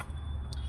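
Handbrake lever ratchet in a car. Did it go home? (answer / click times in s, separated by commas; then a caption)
yes / 0.5 s. The handbrake lever in a car is pushed in at the button in the middle and pressed up until its ratchet locks. Over a steady low hum, a short, sharp click is heard at 0.5 s, and the lever is fully locked.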